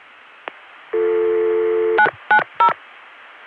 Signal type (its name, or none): DTMF